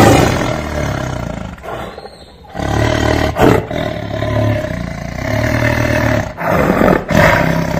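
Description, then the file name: Tiger growling and roaring in a rough, continuous rumble broken by brief dips. "Tieng ho gam"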